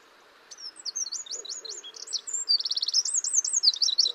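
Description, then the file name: Eurasian wren song: a loud, fast, high-pitched run of varied notes, with sweeping whistles, dry trills and rapid looping phrases, lasting about three and a half seconds. "Troglodytes troglodytes"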